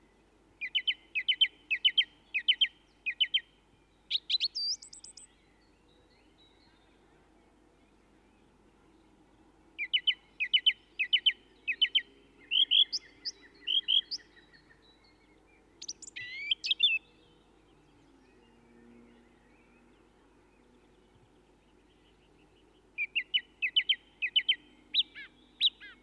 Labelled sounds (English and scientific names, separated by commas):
Song Thrush (Turdus philomelos) song